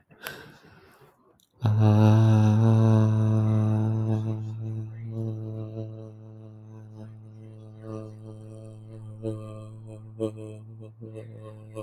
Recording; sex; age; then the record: vowel held as long as possible; male; 20 to 29 years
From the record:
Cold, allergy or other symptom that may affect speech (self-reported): no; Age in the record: 20 years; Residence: Massachusetts, United States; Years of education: 13